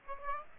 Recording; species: mosquito wingbeat signal from an infrared sensor; Aedes aegypti